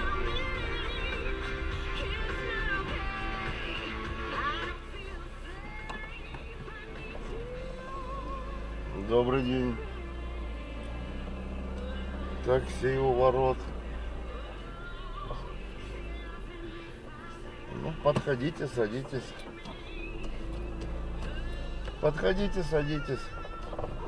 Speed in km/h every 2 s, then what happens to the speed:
6, 3, 0, 0, 0, 0, 0, 0, 0, 0, 0, 4.
2-21 standing.